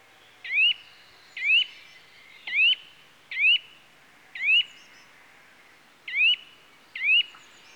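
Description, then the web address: Eurasian nuthatch calls: loud, clear upslurred whistled notes rising sharply, given singly about once a second, seven in all, over quiet background. "BBC Sound Effects Library. Nuthatch (Sitta Europaea) Calls"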